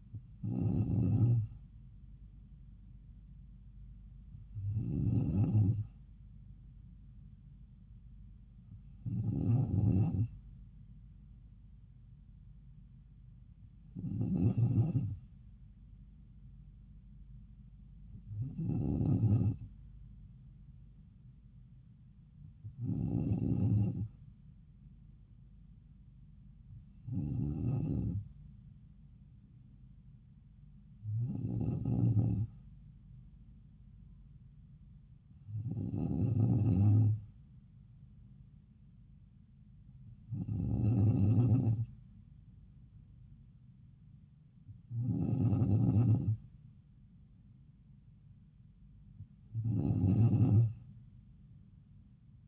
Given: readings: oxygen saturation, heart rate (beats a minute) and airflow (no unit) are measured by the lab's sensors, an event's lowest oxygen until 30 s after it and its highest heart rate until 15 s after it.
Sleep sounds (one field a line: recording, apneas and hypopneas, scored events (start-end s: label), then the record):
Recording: breathing in sleep by a smartphone at the bedside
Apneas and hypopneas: none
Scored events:
none scored
From the record:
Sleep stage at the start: N2 (light sleep)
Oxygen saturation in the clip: 94%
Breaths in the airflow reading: 12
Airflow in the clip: -3.3 to 3.3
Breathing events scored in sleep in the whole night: 270 in 6.1 hours asleep